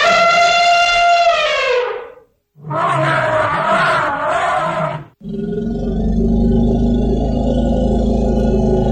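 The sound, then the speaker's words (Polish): An elephant call: a loud, brassy trumpeting blast that slides down in pitch, a short pause, a harsh roaring bellow, then a long, deep rumbling growl. No one speaks. “Nie, to słoń.”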